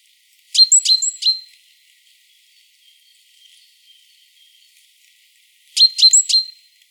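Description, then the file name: Great tit calls, two short bursts of three or four sharp, high chipping notes with thin whistled tails, separated by about four seconds of quiet. "Parus major"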